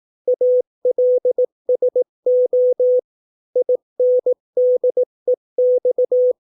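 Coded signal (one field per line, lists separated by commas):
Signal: Morse code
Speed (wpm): 18 wpm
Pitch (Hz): 500 Hz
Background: none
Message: ALSO INDEX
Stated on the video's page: Morse code practice of 200 English words at 18 wpm for copying by ear.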